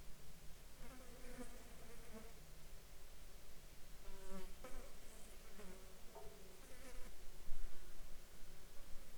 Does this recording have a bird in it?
no